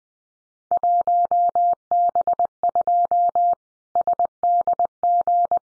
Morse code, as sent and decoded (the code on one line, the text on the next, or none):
.---- -... ..--- / ... -.. --.
1B2 SDG